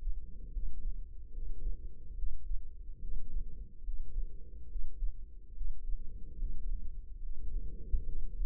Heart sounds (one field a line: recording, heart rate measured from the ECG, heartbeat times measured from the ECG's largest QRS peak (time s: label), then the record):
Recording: heart sounds by microphone in the left ear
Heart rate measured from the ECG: 72 bpm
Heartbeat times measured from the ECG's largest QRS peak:
0.51 s: heartbeat
1.31 s: heartbeat
2.14 s: heartbeat
2.99 s: heartbeat
3.82 s: heartbeat
4.67 s: heartbeat
5.52 s: heartbeat
6.37 s: heartbeat
7.20 s: heartbeat
8.04 s: heartbeat
From the record:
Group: healthy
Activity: rest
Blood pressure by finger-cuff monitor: 110/82 mmHg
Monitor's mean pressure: 92 mmHg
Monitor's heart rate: 72 bpm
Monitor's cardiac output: 5.3 L/min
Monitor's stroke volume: 72 mL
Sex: female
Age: 32 years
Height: 172 cm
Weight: 71.7 kg